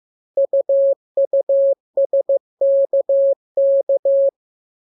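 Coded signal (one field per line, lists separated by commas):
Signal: Morse code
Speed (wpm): 15 wpm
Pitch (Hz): 550 Hz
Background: none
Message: UUSKK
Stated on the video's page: Morse lesson drill of letters K, M, U, R, E, S, opened with VVV and section sign, closed with AR.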